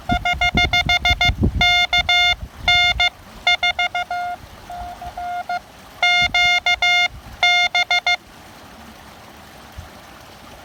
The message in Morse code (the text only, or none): <HH> KN SQB